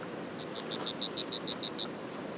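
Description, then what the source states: Yellowhammer singing a quick string of high chipping notes that grows louder, finished by a short thin higher note. Les Alisiers, 21 July 2020; several yellowhammers.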